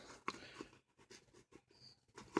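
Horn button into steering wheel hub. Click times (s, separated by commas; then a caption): 2.4 s. The plastic horn button of a 1978 Chevy pickup truck is lined up with its slot in the newly fitted steering wheel and pressed onto the hub, with soft handling and rustling sounds and a brief sharp tap at 0.3 s. It snaps into place with a crisp click at 2.4 s, seating the button in the wheel.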